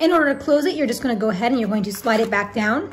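Someone talks while the plastic paper-compartment cover of a Liene Pearl K100 2x3" portable instant photo printer is handled to be slid back down and closed. Nothing has clicked or seated yet; the clip ends before the cover locks in place.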